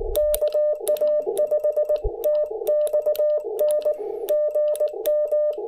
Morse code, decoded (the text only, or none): KA5TXN GM